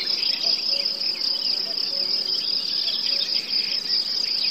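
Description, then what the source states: Forest birds, cuckoos, crickets and fly: crickets keep up an unbroken high ringing chirr, faint short bird notes and a soft low buzzing beneath. Forest; birds, cuckoos, crickets and a buzzing fly heard together.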